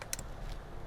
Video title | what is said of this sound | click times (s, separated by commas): Replacing the Generator on a Yamaha R1 Motorbike | you hear the click | 0.1 s